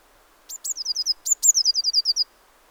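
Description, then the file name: Eurasian blue tit giving two high, thin calls, each a sharp note followed by a fast descending chatter of several notes. "Cyanistes caeruleus"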